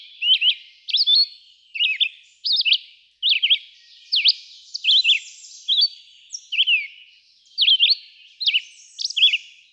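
Red-eyed vireo song made of short slurred whistles in separate phrases, varying in shape.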